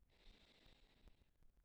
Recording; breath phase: one breath near a microphone; inhalation